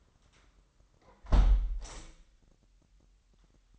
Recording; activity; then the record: daily activity, microphone in the room; close window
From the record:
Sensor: 3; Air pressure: 998.6 hPa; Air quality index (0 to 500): 147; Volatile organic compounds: 5 ppm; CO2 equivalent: 1761 ppm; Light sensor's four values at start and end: 10/24/10/11 and 10/24/10/10